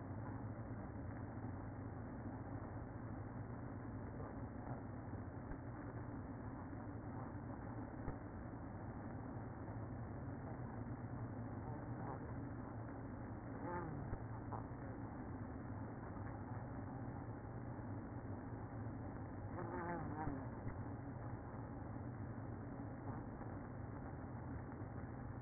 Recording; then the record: honeybee colony, microphone inside the hive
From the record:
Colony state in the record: queen present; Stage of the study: after two queens were removed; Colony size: about 60,000 bees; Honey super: yes